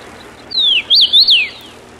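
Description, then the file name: Common rosefinch whistles a single smooth phrase, a long downward slur followed by two quick rising-and-falling notes, with a soft background hum. Recorded 10 June 1993. "10 06 93 Cerythrinus"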